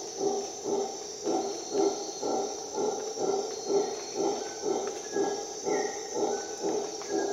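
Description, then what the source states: Howler monkey giving an evenly paced series of deep, gruff pulses, roughly two per second, with a constant shrill insect hum behind and a brief bird note. Recorded at dawn in the jungle of Costa Rica during an expedition.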